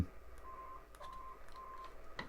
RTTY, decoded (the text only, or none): none